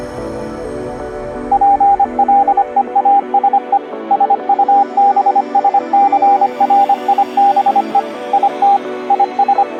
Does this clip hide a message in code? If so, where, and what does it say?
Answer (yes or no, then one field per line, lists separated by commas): yes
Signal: Morse code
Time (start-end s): 1.5-9.6 s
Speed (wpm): 25 wpm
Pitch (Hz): 800 Hz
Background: music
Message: PLEASE SUBSCRIBE IT IS